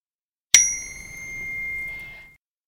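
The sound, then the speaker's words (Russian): A single bright notification chime rings out once with a sharp metallic strike, then a clear high tone lingers and fades over about two seconds, with no voices. “— крикнула я системному оповещению, которое слышала только я и которое определенно старалось свести меня с ума.”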